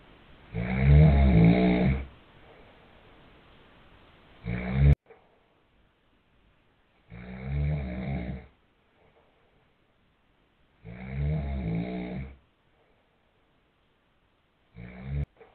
Snoring too loudly whilst in bed.